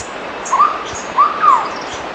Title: LuckyPassaro Completos2Sama. Hooded Berryeater (Carpornis cucullata)